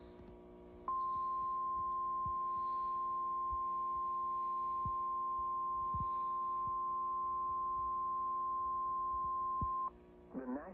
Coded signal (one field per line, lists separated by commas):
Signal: Emergency Alert System (SAME) tones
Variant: 1050 Hz attention tone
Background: speech